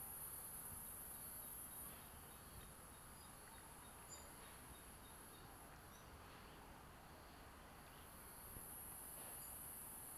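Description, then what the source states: Platypleura brunea song: a steady high-pitched hiss, loudest at the start and end and softer through the middle, with faint rustling underneath. Recorded at Queenstown, Eastern Cape, South Africa.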